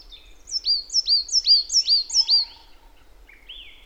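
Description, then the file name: Marsh tit calling: several bright, high notes that drop sharply, given in a fast regular series, then one softer rising note after a pause. "Poecile palustris"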